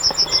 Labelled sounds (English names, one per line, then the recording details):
Yellowhammer song
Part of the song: start
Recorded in the Czech Republic on 21 April 2016
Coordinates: 49.502, 14.554
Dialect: BhBl
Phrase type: F28
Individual 15HB